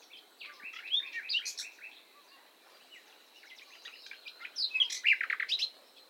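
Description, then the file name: Common nightingale song of quick chirps and trills in two bursts, over a steady hiss of background noise. "Luscinia megarhynchos"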